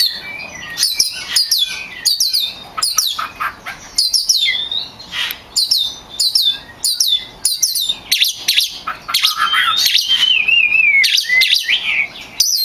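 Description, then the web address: Oriental magpie-robin song: a fast, varied run of sharp whistles, rising and falling slurs and chirps, broken by brief pauses, with a long wavering whistle near the end. Champion contest bird; recording meant for tutoring other birds. "kacer juara. masteran kacer"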